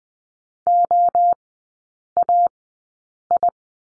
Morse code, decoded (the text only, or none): OAI